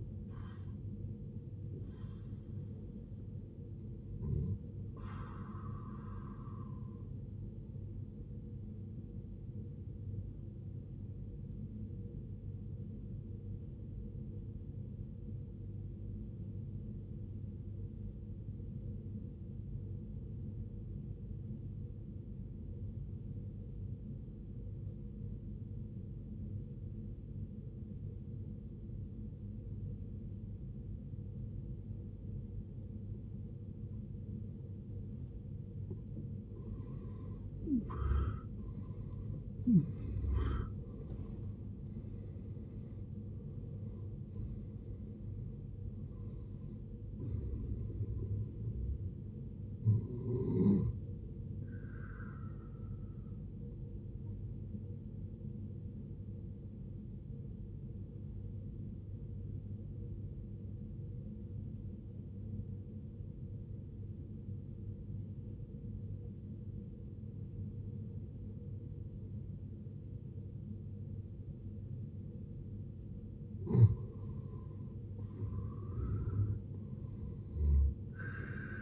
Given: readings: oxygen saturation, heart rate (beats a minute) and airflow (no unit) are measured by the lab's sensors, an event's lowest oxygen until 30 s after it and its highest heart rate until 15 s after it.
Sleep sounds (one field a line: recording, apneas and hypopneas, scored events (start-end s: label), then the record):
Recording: breathing in sleep by a smartphone at the bedside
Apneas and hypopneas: 2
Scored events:
11.00-36.20 s: obstructive apnea (N1, oxygen 94% highest, then 73% lowest, heart rate 60 at the start, 80 highest)
57.00-74.00 s: obstructive apnea (N1, oxygen 93% highest, then 80% lowest, heart rate 59 at the start, 73 highest)
66.00-78.82 s: new sleep stage, N2 (light sleep)
From the record:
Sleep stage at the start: N1 (lightest sleep)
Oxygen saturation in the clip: 73 to 94%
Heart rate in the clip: 53 to 80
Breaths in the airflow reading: 9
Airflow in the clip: -15.9 to 17.4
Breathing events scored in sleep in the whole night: 389 in 6.3 hours asleep